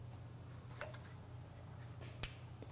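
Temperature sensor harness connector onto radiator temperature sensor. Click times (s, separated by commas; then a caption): 2.2 s. On a 2009-2015 Honda Pilot, the coolant temperature sensor harness plug is lined up with the notch and pushed onto the temperature sensor on the radiator. A steady low hum runs under a faint tick at 0.8 s, then a sharp, bright click at 2.2 s as the connector seats. A soft knock follows near 2.6 s.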